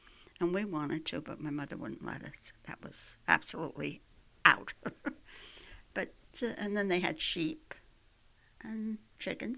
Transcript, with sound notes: And we wanted to, but my mother wouldn't let us. That was absolutely out. ( she laughs ) And then they had sheep, and chickens.